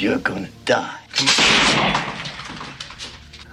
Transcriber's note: soundbite of gunshot